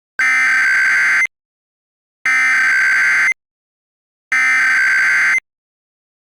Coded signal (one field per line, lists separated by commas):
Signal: Emergency Alert System (SAME) tones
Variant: header bursts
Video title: EAS MOCK | Hutchison Tornado Troubles